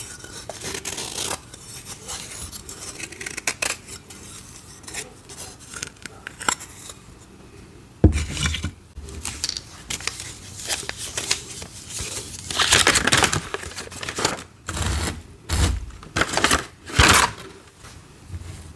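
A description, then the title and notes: Dyed gym chalk is shaved in dense, irregular crisp scrapes and crumbly rasps, growing louder with dull low knocks after about eight seconds. Satisfying dyed gym chalk shaving.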